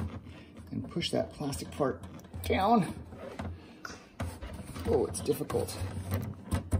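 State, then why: Not seated. Fingers push the plastic headlight bulb holder down into the headlight housing of a 2011 Range Rover Sport supercharged while someone talks, with faint handling knocks and scrapes around 3.4, 3.9 and 4.2 seconds. Nothing has seated or clicked yet; the holder is not yet home.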